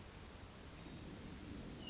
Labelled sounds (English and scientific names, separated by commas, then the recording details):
Hermit Thrush (Catharus guttatus)
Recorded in Sonoma County, California